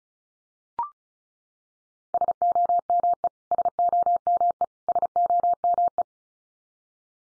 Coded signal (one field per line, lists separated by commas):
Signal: Morse code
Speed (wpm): 34 wpm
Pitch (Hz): 700 Hz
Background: none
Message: SOME SOME SOME